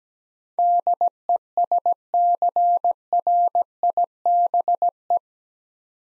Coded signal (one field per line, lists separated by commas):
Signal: Morse code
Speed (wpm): 17 wpm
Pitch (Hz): 700 Hz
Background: none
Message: DESCRIBE